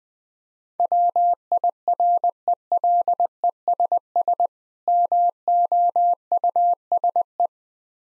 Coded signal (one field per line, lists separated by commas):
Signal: Morse code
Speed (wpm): 21 wpm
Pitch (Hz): 700 Hz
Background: none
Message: WIRELESS MOUSE